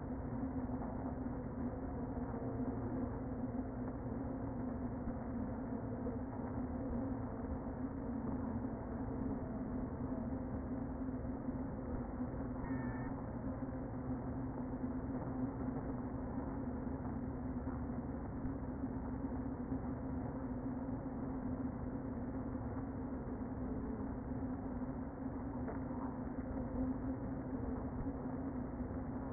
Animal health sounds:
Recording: honeybee colony, microphone inside the hive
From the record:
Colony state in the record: queen present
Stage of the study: before two queens were removed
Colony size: about 60,000 bees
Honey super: yes

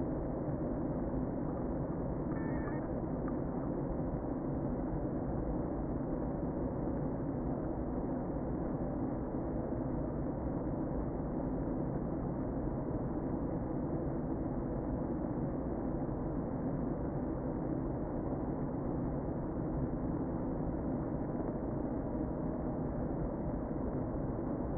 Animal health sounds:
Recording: honeybee colony, microphone inside the hive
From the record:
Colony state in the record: queen present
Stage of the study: before two queens were removed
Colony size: about 60,000 bees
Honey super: yes

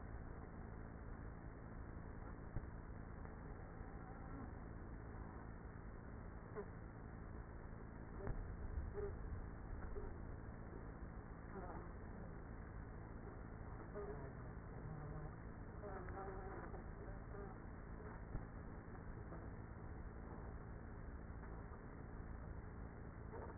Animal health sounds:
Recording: honeybee colony, microphone inside the hive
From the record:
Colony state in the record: queenless with a low population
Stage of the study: after two queens were removed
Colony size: about 30,000 bees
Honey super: no

